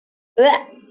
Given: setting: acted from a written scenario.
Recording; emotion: vocal sound without words; disgust